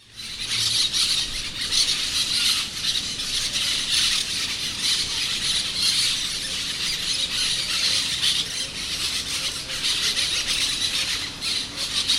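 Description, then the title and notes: Brown-throated parakeets keep up a noisy unbroken babble of grating squawks, growing louder at the start and then holding steady. "Cotorra Cara Sucia by Kellyn Parra Garcia"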